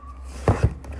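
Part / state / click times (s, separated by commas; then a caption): handbag lock clasp into its catch on the bag / seated / 0.5 s. A handbag's closing strap is pulled across and its lock clasp is pressed into the catch on the bag, latching shut with a sharp click at 0.5 s. A second, softer knock follows around 0.6 s over a low steady hum, and the bag is now locked.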